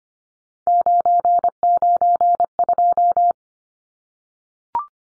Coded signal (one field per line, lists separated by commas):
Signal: Morse code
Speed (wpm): 25 wpm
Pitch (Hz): 700 Hz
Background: none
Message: 992